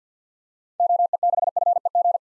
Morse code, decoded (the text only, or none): OE6FEG